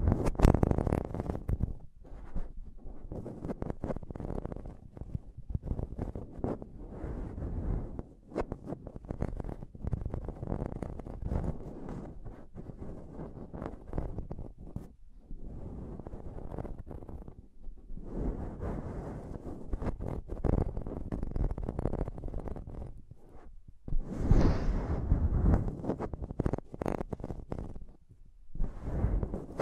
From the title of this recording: Intense Mic Tapping and Scratching Sounds